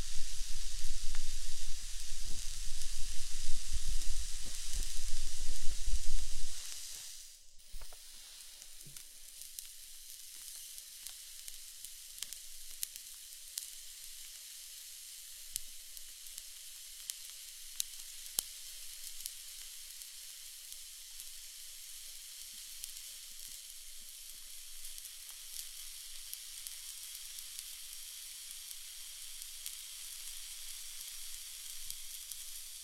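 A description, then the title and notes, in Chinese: An ear candle sizzles, a steady bright hiss like meat on a grill or light rain, dotted with small crackles and pops. For the first six seconds a low rumbling muffles it; after a sharp click near seven seconds the sizzle continues alone. 滋滋耳烛，像烤肉还是下雨。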